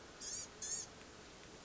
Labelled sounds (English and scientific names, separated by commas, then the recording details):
Blue-gray Gnatcatcher (Polioptila caerulea)
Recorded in Sonoma County, California